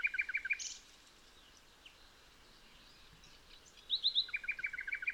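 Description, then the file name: Common nightingale song: a quick run of repeated clicking notes, a quiet pause, then another phrase of rapid chirps and trills; low background hiss. "Luscinia megarhynchos"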